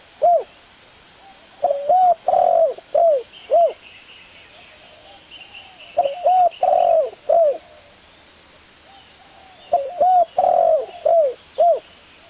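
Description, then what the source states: Spotted Dove cooing in phrases of about five soft, hoarse coos, with a longer arched middle note, repeated three times with pauses between phrases. Spotted dove calls used as a lure to attract the birds.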